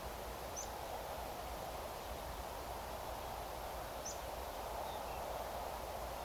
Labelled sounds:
Meadow Pipit
unidentified sound

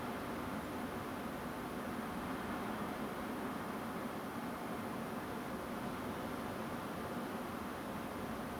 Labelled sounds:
Song Thrush

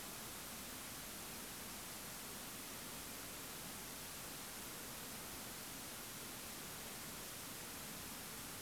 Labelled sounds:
none

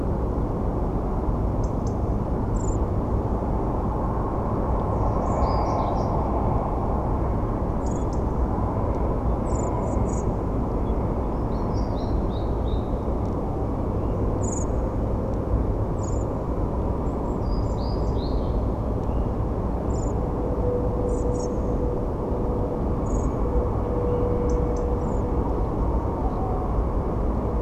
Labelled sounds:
European Robin
Common Blackbird
Great Tit
Tawny Owl

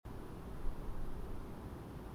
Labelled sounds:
none

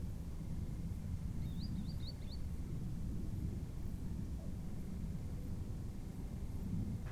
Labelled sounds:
Green Sandpiper

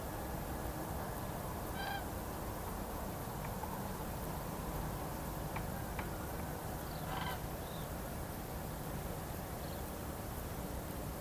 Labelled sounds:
unidentified sound
Common Crane

